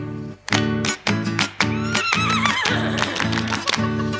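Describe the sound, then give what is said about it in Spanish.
A horse whinnies with a shaky, wavering high pitch over bouncy, steady music with a thumping bass beat and sharp percussive hits. “La gallina y el caballo se pusieron a resbalar.”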